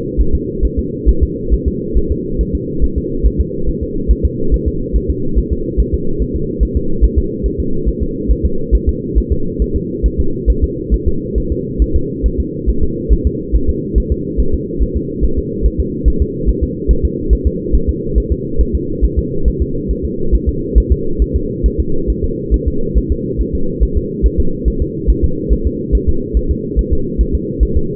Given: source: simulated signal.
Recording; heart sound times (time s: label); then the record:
fetal heart sounds
0.21 s: S1
0.35 s: S2
0.65 s: S1
0.79 s: S2
1.09 s: S1
1.23 s: S2
1.53 s: S1
1.68 s: S2
1.97 s: S1
2.12 s: S2
2.41 s: S1
2.55 s: S2
2.84 s: S1
2.98 s: S2
3.26 s: S1
3.40 s: S2
3.69 s: S1
3.83 s: S2
4.11 s: S1
4.25 s: S2
4.54 s: S1
4.68 s: S2
4.96 s: S1
5.10 s: S2
5.38 s: S1
5.53 s: S2
5.80 s: S1
5.94 s: S2
6.22 s: S1
6.36 s: S2
6.63 s: S1
6.77 s: S2
7.04 s: S1
7.18 s: S2
7.46 s: S1
7.60 s: S2
7.88 s: S1
8.03 s: S2
8.31 s: S1
8.45 s: S2
8.75 s: S1
8.89 s: S2
9.18 s: S1
9.32 s: S2
9.62 s: S1
9.76 s: S2
10.06 s: S1
10.20 s: S2
10.50 s: S1
10.64 s: S2
10.94 s: S1
11.08 s: S2
11.38 s: S1
11.52 s: S2
11.82 s: S1
11.96 s: S2
12.26 s: S1
12.40 s: S2
12.69 s: S1
12.84 s: S2
13.13 s: S1
13.27 s: S2
13.55 s: S1
13.69 s: S2
13.98 s: S1
14.12 s: S2
14.40 s: S1
14.54 s: S2
14.82 s: S1
14.97 s: S2
15.24 s: S1
15.38 s: S2
15.66 s: S1
15.80 s: S2
16.08 s: S1
16.22 s: S2
16.49 s: S1
16.63 s: S2
16.91 s: S1
17.05 s: S2
17.33 s: S1
17.47 s: S2
17.75 s: S1
17.89 s: S2
18.18 s: S1
18.32 s: S2
18.61 s: S1
18.75 s: S2
19.04 s: S1
19.19 s: S2
19.48 s: S1
19.62 s: S2
19.91 s: S1
20.05 s: S2
20.34 s: S1
20.49 s: S2
20.78 s: S1
20.92 s: S2
21.22 s: S1
21.36 s: S2
21.66 s: S1
21.80 s: S2
22.10 s: S1
22.24 s: S2
22.54 s: S1
22.68 s: S2
22.98 s: S1
23.12 s: S2
23.41 s: S1
23.55 s: S2
23.83 s: S1
23.97 s: S2
24.26 s: S1
24.40 s: S2
24.68 s: S1
24.82 s: S2
25.10 s: S1
25.24 s: S2
25.53 s: S1
25.67 s: S2
25.95 s: S1
26.09 s: S2
26.37 s: S1
26.51 s: S2
26.79 s: S1
26.93 s: S2
27.21 s: S1
27.35 s: S2
27.63 s: S1
27.77 s: S2
From the record:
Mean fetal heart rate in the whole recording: 140 bpm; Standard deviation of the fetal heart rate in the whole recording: 2 bpm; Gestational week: 34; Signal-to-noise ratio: -8.1 dB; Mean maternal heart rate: 72 bpm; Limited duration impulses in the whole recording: absent